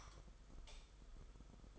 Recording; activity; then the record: daily activity, microphone in the room; light off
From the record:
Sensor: 5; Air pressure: 991.2 hPa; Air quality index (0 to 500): 107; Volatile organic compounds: 23 ppm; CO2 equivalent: 2787 ppm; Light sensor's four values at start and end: 19/48/19/21 and 18/43/17/19